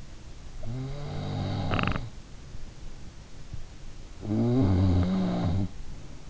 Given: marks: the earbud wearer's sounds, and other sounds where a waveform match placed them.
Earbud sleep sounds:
sounds in sleep by an in-ear microphone; snoring breath
0.35-2.75 s: snoring breath
3.84-6.18 s: snoring breath

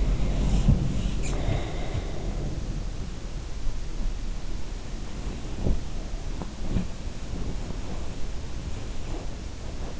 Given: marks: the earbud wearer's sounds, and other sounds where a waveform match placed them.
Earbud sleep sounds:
sounds in sleep by an in-ear microphone; breath, body movement
0.00-2.62 s: breath
0.40-2.05 s: body movement
5.44-9.99 s: sound from someone else or the room

